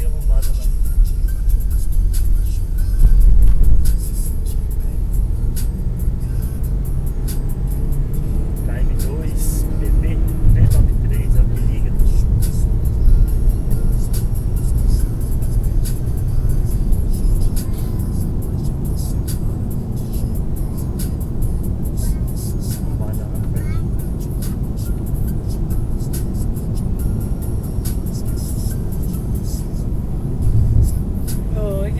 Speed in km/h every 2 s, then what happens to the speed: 31, 41, 52, 63, 73, 79, 83, 86, 88, 85, 84, 83, 85, 89, 85, 78.
0-14 speeds up to 86. 14-27 steady at about 85. 27-32 slows to 78.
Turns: none.